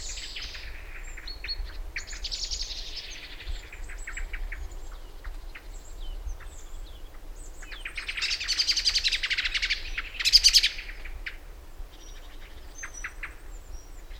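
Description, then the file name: Eurasian blackbird calls: harsh, noisy scolding bursts, with scattered thin high chirps and short ticks throughout. "Turdus merula"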